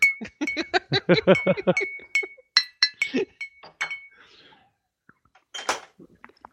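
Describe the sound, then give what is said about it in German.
Glasses clink together in a toast: a quick burst of bright, ringing taps, then a few scattered clinks that trail off, followed by a brief soft rustle. “jetzt können wir anstoßen.”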